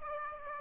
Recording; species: mosquito wingbeat signal from an infrared sensor; Aedes aegypti